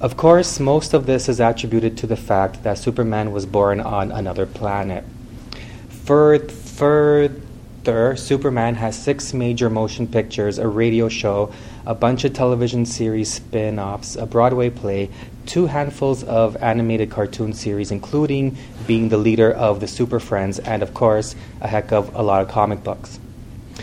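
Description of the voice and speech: An adult man, a person who stutters, gives a steady, prepared Toastmasters speech with mostly fluent phrasing. Around the word "further" he repeats and stretches the opening sound twice, with tense pauses before moving on, a typical stuttering block with part-word repetition and prolongation.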